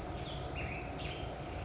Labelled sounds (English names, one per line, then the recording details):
California Towhee
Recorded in Sonoma County, California